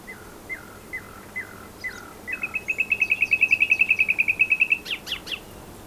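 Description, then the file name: Common nightingale song: five descending whistled notes, then a rapid trill that swells in loudness, ending in sharp high notes. "Luscinia megarhynchos"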